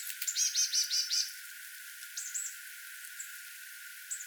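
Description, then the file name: Marsh tit call, a quick string of high buzzy notes at the start, then a few thin isolated chips against steady background hiss. "Poecile palustris"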